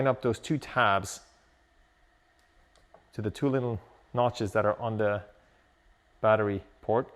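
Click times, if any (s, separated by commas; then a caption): none. Someone talks while lining up the two tabs on a Bixpy J-2 motor power cable connector with the two notches on the kayak motor's battery port, with two faint ticks during a pause at about 2.8 and 3.0 seconds. The connector is only being aligned before insertion, and nothing has been pushed in, turned or clicked yet.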